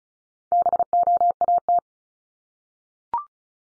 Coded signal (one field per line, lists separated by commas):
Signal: Morse code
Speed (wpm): 36 wpm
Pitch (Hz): 700 Hz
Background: none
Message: BOAT